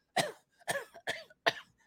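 Four sharp, forceful cough bursts come in quick succession over about two seconds, each with an abrupt onset and a short fading tail. This is an adult's deliberate imitation of coughing hard in reaction to secondhand smoke, which he cannot tolerate.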